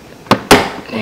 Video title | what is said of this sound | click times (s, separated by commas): 2013 Ford Fusion - Cabin Air Filter Replacement How-To Video | you're going to hear it pop there | 0.3 s, 0.5 s